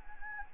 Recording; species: mosquito wingbeat signal from an infrared sensor; Anopheles gambiae